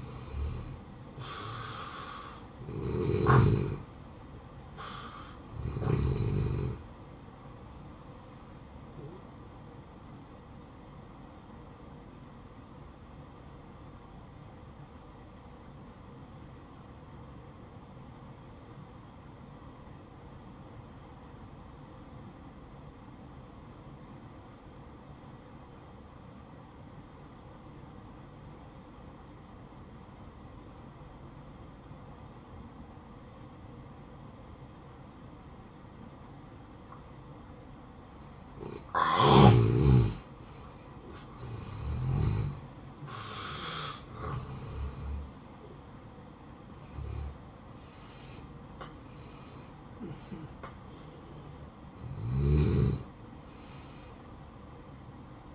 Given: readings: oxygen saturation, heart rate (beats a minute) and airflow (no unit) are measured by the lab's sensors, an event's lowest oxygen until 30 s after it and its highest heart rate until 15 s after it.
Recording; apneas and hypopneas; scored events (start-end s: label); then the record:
breathing in sleep by a smartphone at the bedside; 1
5.00-55.55 s: new sleep stage, N1 (lightest sleep)
13.00-38.80 s: obstructive apnea (N1, oxygen 95% highest, then 86% lowest, heart rate 55 at the start, 70 highest)
From the record:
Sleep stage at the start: N2 (light sleep); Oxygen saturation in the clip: 86 to 95%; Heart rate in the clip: 55 to 71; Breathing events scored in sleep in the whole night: 573 in 9.8 hours asleep